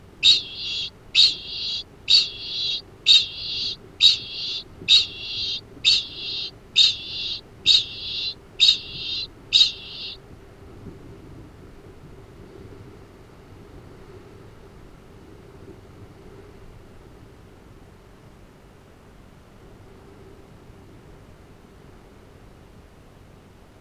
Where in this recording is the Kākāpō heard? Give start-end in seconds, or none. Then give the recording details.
0.00-10.29. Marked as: faintness 2/5. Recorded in New Zealand. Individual Arab